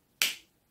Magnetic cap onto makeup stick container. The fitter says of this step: closure can you hear that it's a nice clickable closure